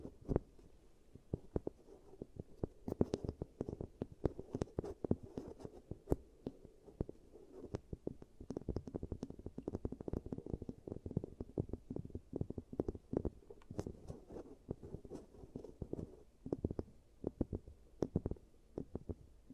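Giant teeth treatment sounds: constant dense clicks, taps and scratchy handling with no pause, low and muffled with occasional sharper clicks.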